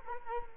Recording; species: mosquito wingbeat signal from an infrared sensor; Culex quinquefasciatus